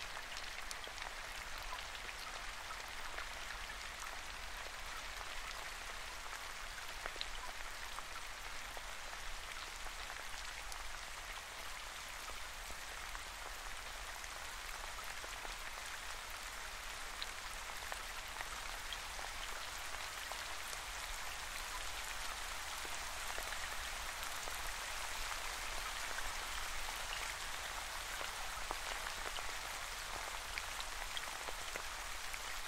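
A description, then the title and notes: Gentle spring rain falls steadily, a dense, even hiss of countless drops with no pauses or swells across the whole stretch. The sound sits mostly in the bright, crisp range, with faint individual taps flickering through and a low, soft rumble underneath. Gentle Spring Rain.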